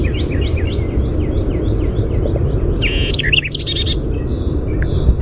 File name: WEVI song